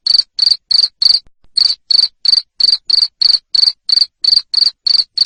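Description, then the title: Cricket producing loud, high-pitched chirps in a regular series of about three per second, pausing once briefly. Loud cricket chirping used to stimulate lovebirds into continuous singing. "Suara JANGKRIK NGERIK Keras Bikin LOVEBIRD Jadi NGEKEK Terus"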